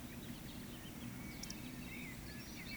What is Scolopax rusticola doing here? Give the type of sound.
whistle